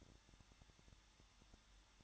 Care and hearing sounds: daily activity, microphone in the room; no activity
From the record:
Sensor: 3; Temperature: 21.2 degrees Celsius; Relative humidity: 36.4%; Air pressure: 1006.4 hPa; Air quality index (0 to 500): 222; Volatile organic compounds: 42 ppm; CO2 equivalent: 3181 ppm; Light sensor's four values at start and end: 2/3/2/2 and 2/3/2/2

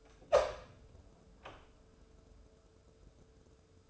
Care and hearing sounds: daily activity, microphone in the room; open door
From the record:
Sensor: 2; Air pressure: 1015.0 hPa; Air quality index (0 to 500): 124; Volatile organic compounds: 4 ppm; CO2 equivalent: 1585 ppm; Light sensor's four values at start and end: 13/36/14/16 and 13/36/14/16

